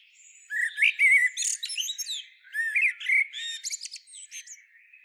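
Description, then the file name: Common blackbird song, almost continuous: rich fluty whistles mixed with sharp, high-pitched squeaky twitters in quick succession. "Turdus merula"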